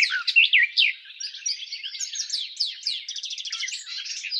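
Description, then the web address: European goldfinch song opening with clear slurred chirps, then hurried twittering and a quick buzzy run of repeated notes near the end. "щегол"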